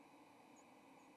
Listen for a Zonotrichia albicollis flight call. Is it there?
no